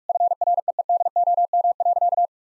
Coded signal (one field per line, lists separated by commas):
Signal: Morse code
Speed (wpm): 43 wpm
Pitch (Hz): 700 Hz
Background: none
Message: FREEDOM.